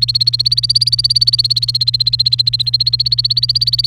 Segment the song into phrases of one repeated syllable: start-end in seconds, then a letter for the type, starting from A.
0.00-3.86 A